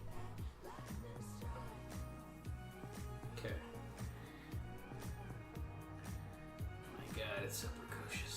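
A RAM memory module is handled and pressed toward the fourth, last DIMM slot of a motherboard while someone talks over background music. Nothing has seated or clicked yet; the plastic retention latches have not snapped shut.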